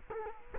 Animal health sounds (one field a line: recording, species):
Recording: mosquito wingbeat signal from an infrared sensor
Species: Culex quinquefasciatus